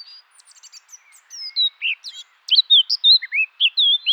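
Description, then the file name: Eurasian blackcap song: soft thin twittering that gives way to loud, pure, slurred flute-like whistles in rapid succession. "Sylvia atricapilla"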